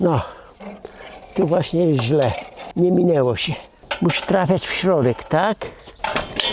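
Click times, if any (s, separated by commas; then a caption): 6.4 s. Someone talks while turning the steel rotor of a hay tedder so its toothed drive coupling engages. A short metallic, ratchet-like snap comes at 6.4 s as the coupling latches home and is seated.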